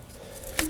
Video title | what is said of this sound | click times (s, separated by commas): How to Replace A/C Belt 04-07 Subaru Impreza WRX | See, it popped out of the power steering pump bracket pulley. | 0.6 s